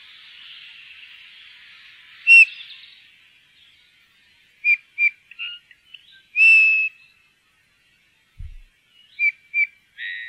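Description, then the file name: Eurasian bullfinch giving soft, clear piping whistles, single short notes and one longer steady note, scattered irregularly with quiet gaps and a faint chorus of other birds at the start. "dompap"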